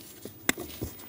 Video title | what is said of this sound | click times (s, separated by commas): How to Replace Intermediate Steering Shaft 2007-2011 Toyota Camry | and make sure our clamp locks into place | 0.5 s